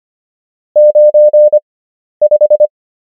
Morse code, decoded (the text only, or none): 95